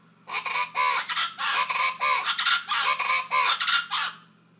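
Rufous-vented chachalacas calling in a loud, harsh chorus of grating, rasping notes repeated rapidly in overlapping bursts for about four seconds, then stopping abruptly.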